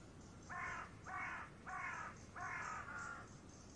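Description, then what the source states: Bird calls: four harsh, hoarse cawing notes in quick succession over a steady background hiss. Recorded in the early morning by the sea.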